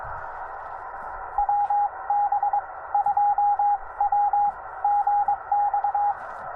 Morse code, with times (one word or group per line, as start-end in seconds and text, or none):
1.4-2.6 WB
2.9-3.8 2
4.0-4.5 W
4.8-6.1 GX